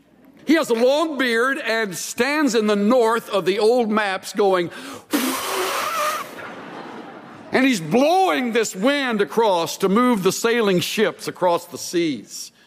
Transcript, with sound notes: He has a long beard and stands in the North of the old maps going,. [blowing sound] And he's blowing this wind across to move the sailing ships across the seas.